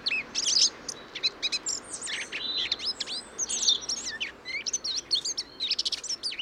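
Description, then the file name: Eurasian blackcap song: quick high chirps, slurred whistles and short rising and falling notes in irregular bursts. "Sylvia atricapilla"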